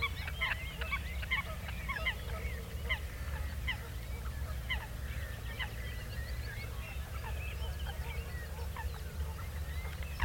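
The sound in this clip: Great crested grebe calls: many overlapping short nasal and upslurred notes, chattering continuously over low rumble.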